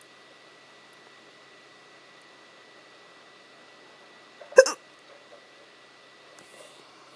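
A single hiccup from an adult, a brief sharp burst against a quiet background with a faint steady hum.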